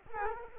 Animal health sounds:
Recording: mosquito wingbeat signal from an infrared sensor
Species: Culex quinquefasciatus

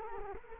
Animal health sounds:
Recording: mosquito wingbeat signal from an infrared sensor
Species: Culex quinquefasciatus

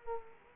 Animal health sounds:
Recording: mosquito wingbeat signal from an infrared sensor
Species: Culex quinquefasciatus

